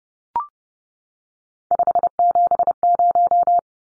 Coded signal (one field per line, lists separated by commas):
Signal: Morse code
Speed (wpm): 30 wpm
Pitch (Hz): 700 Hz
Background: none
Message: 570